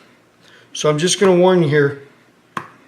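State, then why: Seated. Someone talks as a small fine-thread screw, easy to strip in aluminum, is turned backwards against the threaded hole in the aluminum housing of a bipod steering kit. At 2.6 s the thread start drops into place with a single short, sharp click, showing the thread has caught and is ready to be run in, though the screw is not yet fully seated.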